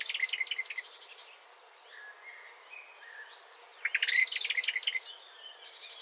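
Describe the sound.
Eurasian blackbird giving two bursts of rapid, shrill twittering, with soft low warbled notes heard in the gap between them.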